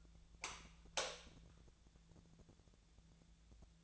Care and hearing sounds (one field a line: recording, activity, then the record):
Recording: daily activity, microphone in the room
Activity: light on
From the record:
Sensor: 3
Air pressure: 1000.0 hPa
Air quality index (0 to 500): 123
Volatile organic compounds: 2 ppm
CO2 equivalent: 1105 ppm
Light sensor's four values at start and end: 39/99/42/46 and 42/109/46/50